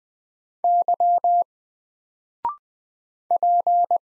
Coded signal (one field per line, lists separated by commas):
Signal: Morse code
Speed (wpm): 20 wpm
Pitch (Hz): 700 Hz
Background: none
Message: Y P